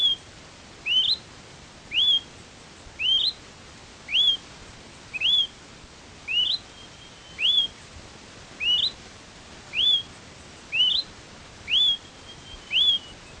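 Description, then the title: Smoke-colored Pewee repeating a bright rising whistle at an even pace of about one per second, a dozen notes in a long regular series. Subspecies zarumae. "LuckyPassaro Completos2Sama. Smoke-colored Pewee (Contopus fumigatus zarumae)"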